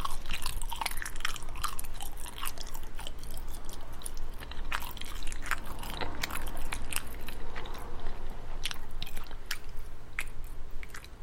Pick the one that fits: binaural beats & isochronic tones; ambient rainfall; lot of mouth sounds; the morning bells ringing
lot of mouth sounds